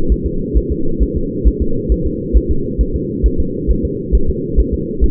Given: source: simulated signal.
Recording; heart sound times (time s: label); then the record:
fetal heart sounds
0.12 s: S1
0.26 s: S2
0.57 s: S1
0.72 s: S2
1.03 s: S1
1.17 s: S2
1.47 s: S1
1.62 s: S2
1.92 s: S1
2.06 s: S2
2.37 s: S1
2.51 s: S2
2.81 s: S1
2.95 s: S2
3.26 s: S1
3.40 s: S2
3.70 s: S1
3.85 s: S2
4.15 s: S1
4.30 s: S2
4.60 s: S1
4.74 s: S2
5.04 s: S1
From the record:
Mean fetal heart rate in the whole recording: 135 bpm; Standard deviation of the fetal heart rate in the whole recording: 3 bpm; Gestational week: 34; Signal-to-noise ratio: -8.1 dB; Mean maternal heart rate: 72 bpm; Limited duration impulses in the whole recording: absent